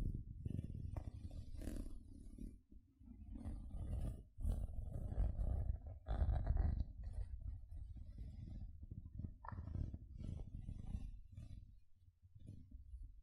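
Gentle scratching runs nearly continuously, dominated by a low, rumbling rub with brief lulls near 2.7 and 12 seconds. Brighter, raspier strokes cut through around 1.5, 4.5, 6 to 7, and 9.5 seconds.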